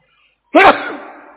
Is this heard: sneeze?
yes